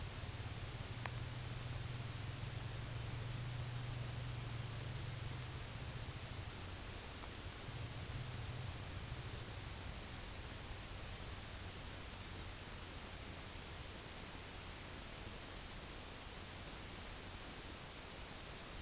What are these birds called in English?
none